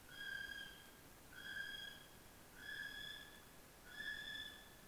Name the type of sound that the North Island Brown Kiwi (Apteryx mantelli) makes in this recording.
male call